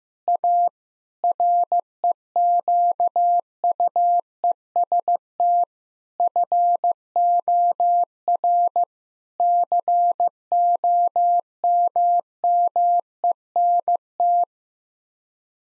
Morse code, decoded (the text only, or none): A REQUEST FOR COMMENT